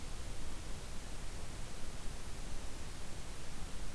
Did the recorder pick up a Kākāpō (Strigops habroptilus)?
no